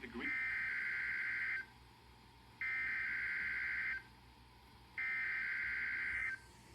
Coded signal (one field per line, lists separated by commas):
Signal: Emergency Alert System (SAME) tones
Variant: header bursts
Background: speech